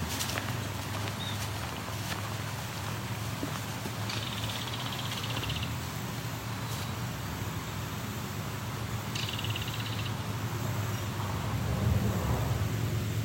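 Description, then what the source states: Belted Kingfisher giving two dry, rapid rattles, one lasting over a second and a shorter one later, over a steady low rumble. Female; in this species females are more vocal and more colourful than males.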